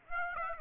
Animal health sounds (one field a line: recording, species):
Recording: mosquito wingbeat signal from an infrared sensor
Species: Aedes aegypti